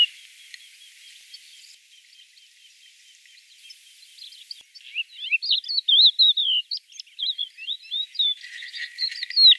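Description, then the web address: Crested lark calls and twittering: faint rapid repeated notes at first, then a loud jumble of varied whistled chirps and trills in the second half. "galerida cristata call"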